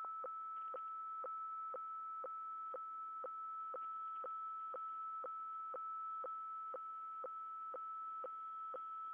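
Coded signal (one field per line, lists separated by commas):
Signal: weather fax (radiofax)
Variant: 120 lines per minute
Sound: steady whistle-like tone interrupted by a short click twice each second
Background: radio static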